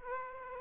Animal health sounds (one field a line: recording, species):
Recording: mosquito wingbeat signal from an infrared sensor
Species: Aedes aegypti